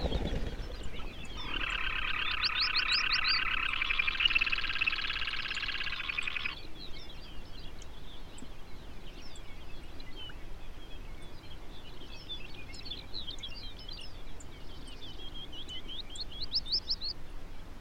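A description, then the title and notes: Arctic birdsong over a low, steady rumble of wind. A dense, buzzy trill fills roughly the first six seconds, then gives way to scattered chirps, rising whistles and fluttering phrases that keep coming through to the end, with a brighter burst of song near the close. Arctic Wildlife Refuge. Listen to Ptarmigan, longspurs, rough legged hawks, red necked phalarope and the arctics very own bluethroat.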